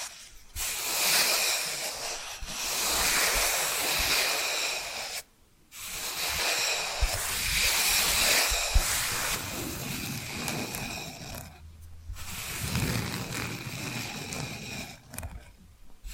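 Tapping and scratching sounds in long, dense stretches of bright, hissy scraping, with a fine texture of rapid small taps running through them. The scratching stops abruptly near 5 seconds and again around 12 seconds, each pause brief before the rubbing resumes at a similar steady level.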